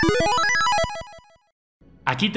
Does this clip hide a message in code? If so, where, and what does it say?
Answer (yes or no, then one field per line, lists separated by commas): no